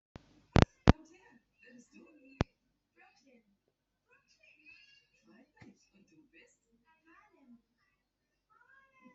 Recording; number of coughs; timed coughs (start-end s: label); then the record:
no coughing; 0
none
From the record:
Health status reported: healthy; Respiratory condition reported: no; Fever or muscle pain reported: no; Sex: male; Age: 46 years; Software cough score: 0.04